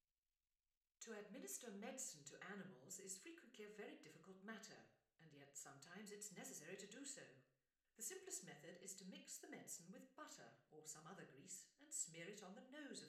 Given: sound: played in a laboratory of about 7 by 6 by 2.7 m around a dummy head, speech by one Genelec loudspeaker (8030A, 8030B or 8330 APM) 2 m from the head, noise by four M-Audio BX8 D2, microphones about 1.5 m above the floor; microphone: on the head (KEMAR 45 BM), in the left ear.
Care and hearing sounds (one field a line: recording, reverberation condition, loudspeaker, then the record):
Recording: female speech in English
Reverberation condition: medium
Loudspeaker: 120 degrees to the left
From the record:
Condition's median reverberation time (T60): about 510 ms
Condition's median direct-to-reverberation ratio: about -0.5 dB